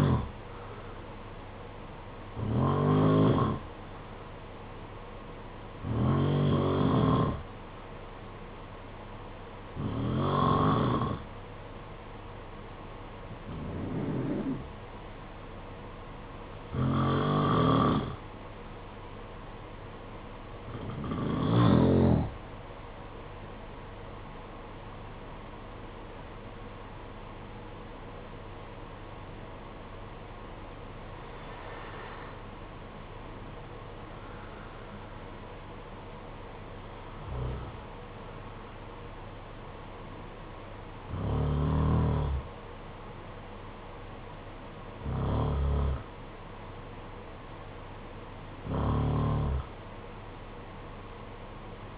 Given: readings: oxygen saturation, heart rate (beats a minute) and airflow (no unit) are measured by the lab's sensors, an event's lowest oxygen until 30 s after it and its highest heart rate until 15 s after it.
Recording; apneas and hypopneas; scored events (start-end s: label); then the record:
breathing in sleep by a voice recorder at the bedside; 1
9.00-24.30 s: hypopnea (N2, oxygen 94% highest, then 93% lowest, heart rate 56 at the start, 57 highest)
11.00-41.00 s: new sleep stage, N1 (lightest sleep)
41.00-51.98 s: new sleep stage, N2 (light sleep)
From the record:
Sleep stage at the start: N2 (light sleep); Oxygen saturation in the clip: 90 to 94%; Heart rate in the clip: 51 to 63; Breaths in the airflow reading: 13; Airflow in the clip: -8.8 to 8.7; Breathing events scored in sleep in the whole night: 476 in 9.7 hours asleep